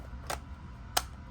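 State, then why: Seated. A brick-built game cartridge is slid into the cartridge slot of a brick-built handheld console model over a low background hum. A soft tick sounds at 0.3 s, then a sharp, louder click at 1.0 s as the cartridge seats in the slot.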